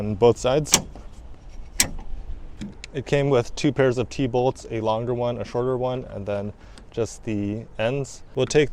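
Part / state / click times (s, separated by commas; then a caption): folding hinge lock on a pickup tailgate bed extender / seated / 1.8 s. A folding hinge lock on a pickup tailgate bed extender for a Ford Maverick is pressed until it locks on the second side of the extender, since the hinges must click on both sides. Someone talks, then a single sharp, loud click sounds at 1.8 s as the hinge seats and locks. The talking resumes afterward.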